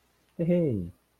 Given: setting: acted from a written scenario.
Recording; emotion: vocal sound without words; sympathy